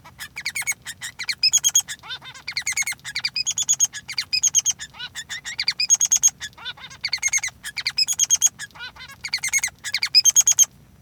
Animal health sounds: song of a male Bengalese finch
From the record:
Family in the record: son of father 3

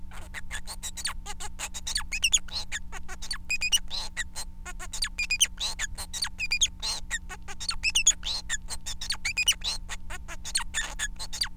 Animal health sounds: song of a male Bengalese finch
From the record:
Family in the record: son of father 4

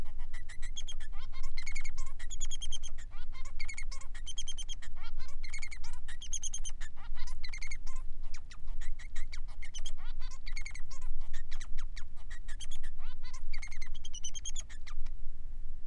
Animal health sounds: song of a male Bengalese finch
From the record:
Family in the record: son of father 3

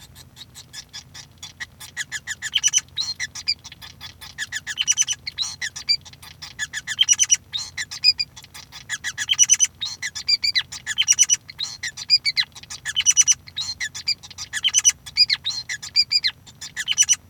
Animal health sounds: song of a male Bengalese finch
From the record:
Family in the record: son of father 5

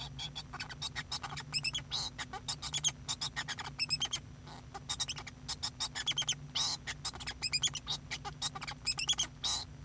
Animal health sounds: song of a male Bengalese finch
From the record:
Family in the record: son of father 2

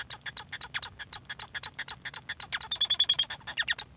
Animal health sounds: song of a male Bengalese finch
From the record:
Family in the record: son of father 1

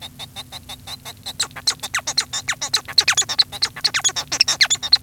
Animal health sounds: song of a male Bengalese finch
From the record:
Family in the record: son of father 1

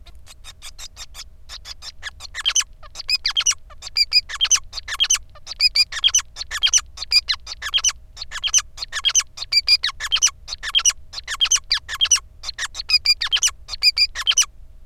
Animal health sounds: song of a male Bengalese finch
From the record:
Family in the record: son of father 5

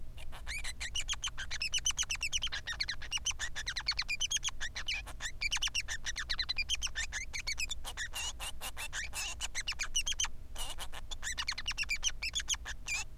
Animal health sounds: song of a male Bengalese finch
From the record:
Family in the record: son of father 3

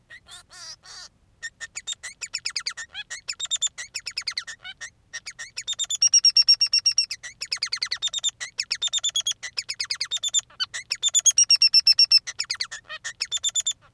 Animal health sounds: song of a male Bengalese finch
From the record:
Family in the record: son of father 3

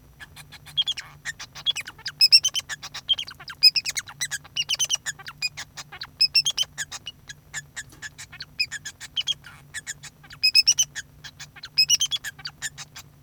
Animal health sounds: song of a male Bengalese finch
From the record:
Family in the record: son of father 2

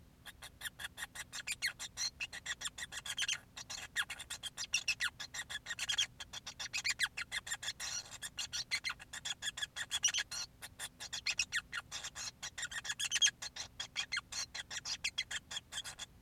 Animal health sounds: song of a male Bengalese finch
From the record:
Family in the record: son of father 5

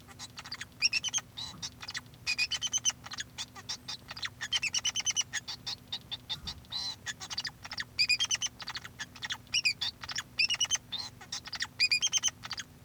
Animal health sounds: song of a male Bengalese finch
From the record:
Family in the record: son of father 2

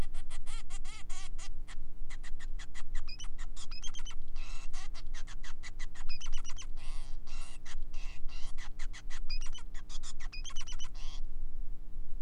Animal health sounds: song of a male Bengalese finch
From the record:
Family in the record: son of father 5

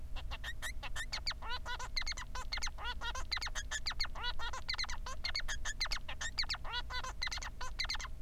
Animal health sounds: song of a male Bengalese finch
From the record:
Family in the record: son of father 3

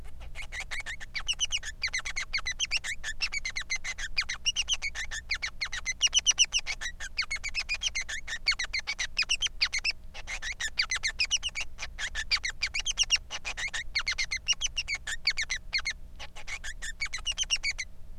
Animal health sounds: song of a male Bengalese finch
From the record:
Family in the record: son of father 3

